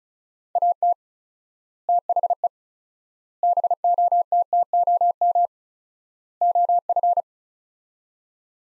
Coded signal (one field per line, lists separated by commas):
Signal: Morse code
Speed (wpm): 34 wpm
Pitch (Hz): 700 Hz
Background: none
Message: AT THE BOTTOM OF